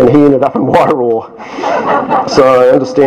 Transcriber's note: chuckles